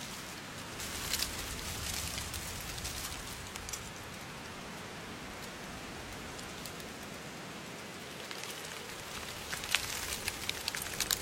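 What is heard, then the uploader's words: Breeze moving through falling leaves makes a steady, dense rustle across the whole clip, with a soft low rumble underneath. Brighter crackles and light ticks of leaves brushing and landing flare up around the first two seconds and again from about nine seconds on. The breeze blows the falling leaves.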